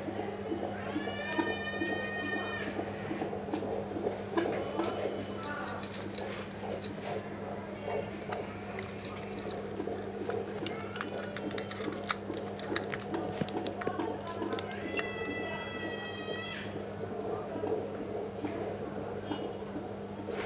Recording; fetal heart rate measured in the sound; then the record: fetal heartbeat by stethoscope microphone, probably a fetal Doppler's sound; 140 bpm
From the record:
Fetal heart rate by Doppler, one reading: 141 bpm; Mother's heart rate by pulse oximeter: 72 bpm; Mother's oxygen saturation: 92%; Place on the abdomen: near top middle of abdomen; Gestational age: 38+ weeks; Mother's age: 22 years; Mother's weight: 47 kg